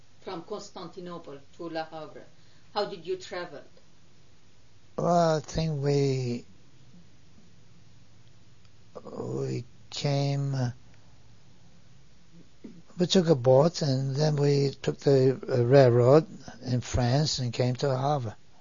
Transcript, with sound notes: From Constantinople to Le Havre. How did you travel.
Well, I think we, (he pauses) we came, we took a boat, and then we took the railroad in France, and came to Le Havre.